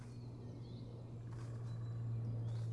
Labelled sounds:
Great Spotted Woodpecker (Dendrocopos major)
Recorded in Germany
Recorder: ecoPi

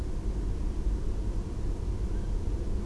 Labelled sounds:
Tawny Owl (Strix aluco)
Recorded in Germany
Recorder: ecoPi

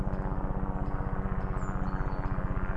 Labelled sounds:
Great Tit (Parus major)
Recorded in Germany
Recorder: ecoPi

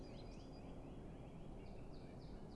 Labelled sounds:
Song Thrush (Turdus philomelos)
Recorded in Germany
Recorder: ecoPi

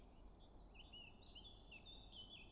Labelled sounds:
Eurasian Blackcap (Sylvia atricapilla)
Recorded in Germany
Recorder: ecoPi

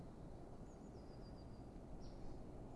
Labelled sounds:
Eurasian Blue Tit (Cyanistes caeruleus)
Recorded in Germany
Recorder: ecoPi

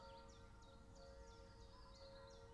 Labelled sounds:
Common Chiffchaff (Phylloscopus collybita)
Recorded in Germany
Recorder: ecoPi

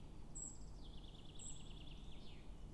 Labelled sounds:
Common Chaffinch (Fringilla coelebs)
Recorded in Germany
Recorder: ecoPi

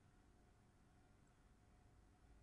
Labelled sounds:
Song Thrush (Turdus philomelos)
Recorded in Germany
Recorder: ecoPi

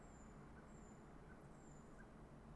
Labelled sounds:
Common Blackbird (Turdus merula)
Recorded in Germany
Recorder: ecoPi

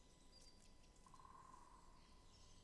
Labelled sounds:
Great Spotted Woodpecker (Dendrocopos major)
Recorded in Germany
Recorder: ecoPi

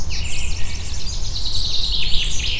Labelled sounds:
Common Chaffinch (Fringilla coelebs)
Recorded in Germany
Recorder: ecoPi

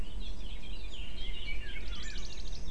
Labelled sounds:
Eurasian Blackcap (Sylvia atricapilla)
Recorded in Germany
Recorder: ecoPi

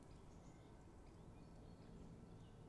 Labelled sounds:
Great Spotted Woodpecker (Dendrocopos major)
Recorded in Germany
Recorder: ecoPi

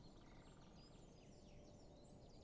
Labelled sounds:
Great Spotted Woodpecker (Dendrocopos major)
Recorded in Germany
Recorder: ecoPi

